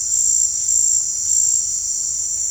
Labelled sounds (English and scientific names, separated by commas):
none